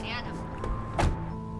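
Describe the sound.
A single solid thunk of a car door shutting as a man and the driver get into the car, a short low-heavy impact over a steady engine hum, with faint muffled voices around it.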